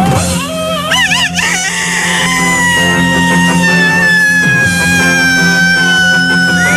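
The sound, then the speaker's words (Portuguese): A loud, drawn-out rooster crow with wavering, strained notes that settle into a long falling tone, set over a steady, dense musical bed that continues throughout. “Véspera de feriado, o galo tá que mil, tá, hein, meu? Galo cortou a crista.”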